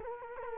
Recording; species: mosquito wingbeat signal from an infrared sensor; Culex quinquefasciatus